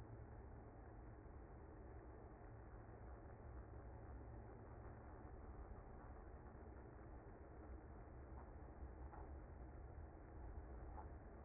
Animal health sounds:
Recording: honeybee colony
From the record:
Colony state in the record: active

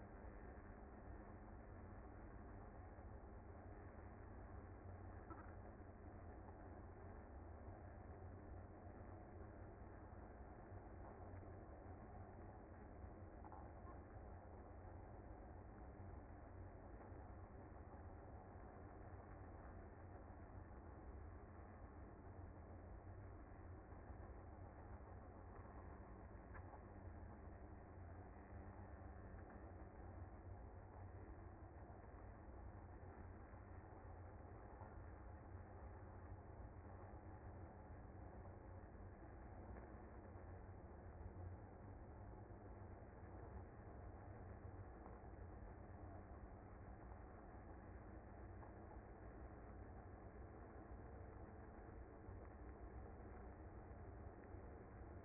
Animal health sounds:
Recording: honeybee colony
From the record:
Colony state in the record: active

